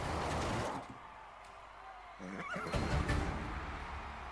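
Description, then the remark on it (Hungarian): A horse lets out a short, wavering whinny partway through, its pitch trembling up and down over a steady background rumble, after a burst of broad noise at the start. “Ó, szóval egy ló ellen fogok versenyezni.”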